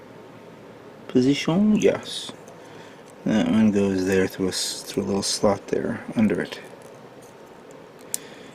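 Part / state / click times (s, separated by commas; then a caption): plastic frame part into model kit torso frame / seated / 8.1 s. A plastic frame part from a model kit is fitted through a small slot into the inner frame of the torso while someone talks. A single sharp click sounds at 8.1 s as the part snaps into place.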